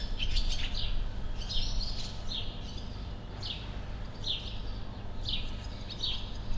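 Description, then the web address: Sand martin calls: several short, harsh, buzzy chirps at somewhat irregular intervals, with a constant low rumbling background. In nature, at Potamia, 2016. "allathangok termeszetben partifecske 2016 kakasesszelis potamia"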